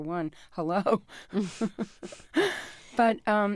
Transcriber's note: laughter